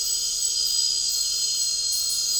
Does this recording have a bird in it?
no